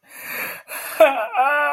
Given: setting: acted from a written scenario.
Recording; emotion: vocal sound without words; sadness